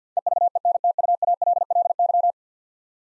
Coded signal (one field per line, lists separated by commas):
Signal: Morse code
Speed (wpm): 50 wpm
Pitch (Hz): 700 Hz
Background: none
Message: EVENTUALLY